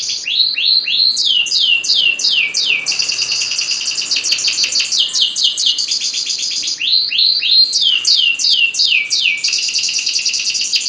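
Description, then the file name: Canary song: loud, continuous, rapid trills of fast descending whistled sweeps, alternating with buzzy rattling passages, with no pause throughout. Standard canary song. "suara kicauan kenari standar. omkicau"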